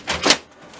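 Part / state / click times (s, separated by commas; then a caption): front cover of a laser printer / seated / 0.3 s. The plastic front cover of a Brother MFC-L9550 laser printer is swung shut after the drum unit with a new toner cartridge has been pushed back in. A short rattling scrape is followed by one sharp hit at 0.3 s as the cover latches fully closed.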